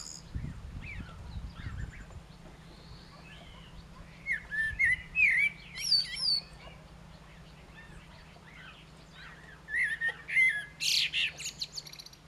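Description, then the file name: Common blackbird singing two separate phrases, each of mellow whistled notes ending in thin high squeaks, with quiet pauses between them and a soft background hum. "Turdus merula"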